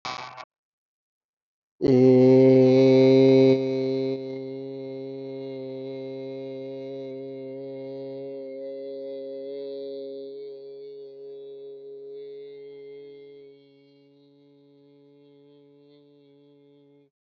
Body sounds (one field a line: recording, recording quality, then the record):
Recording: sustained vowel as in made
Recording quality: moderate, slight background noise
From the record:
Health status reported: healthy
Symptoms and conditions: none ticked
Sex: male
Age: 21 years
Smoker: not ticked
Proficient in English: yes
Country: India